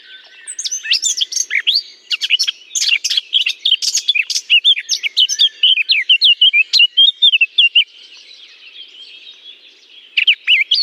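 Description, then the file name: Eurasian blackcap song: rapid, varied warbling of chattering and clear fluty notes, loud for about eight seconds, then softer twittering before a brief final burst. Singing from a holly bush. "chant de fauvette a tete noire dans houx"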